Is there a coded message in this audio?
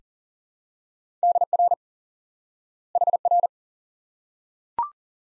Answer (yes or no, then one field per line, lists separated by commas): yes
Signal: Morse code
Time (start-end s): 1.2-3.5 s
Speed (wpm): 40 wpm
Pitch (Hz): 700 Hz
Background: none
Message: DR HR